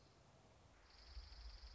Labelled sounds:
Dark-eyed Junco
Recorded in Sonoma County, California

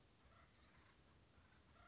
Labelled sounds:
Blue-gray Gnatcatcher
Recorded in Sonoma County, California

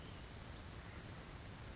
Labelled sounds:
Western Flycatcher
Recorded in Sonoma County, California

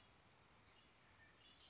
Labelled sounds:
Red-winged Blackbird
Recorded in Sonoma County, California

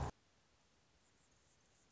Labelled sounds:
Anna's Hummingbird
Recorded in Sonoma County, California

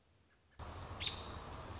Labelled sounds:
American Robin
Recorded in Sonoma County, California

